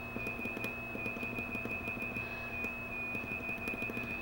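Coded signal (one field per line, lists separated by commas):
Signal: Quindar tones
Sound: continuous high tone near 2.5 kHz alternating slightly in pitch, with rhythmic clicking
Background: rhythmic clicking, room hum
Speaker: Quindar tones are the simplest form of what's called FSK, Frequency Shift Keying, where you use two different tones to transmit information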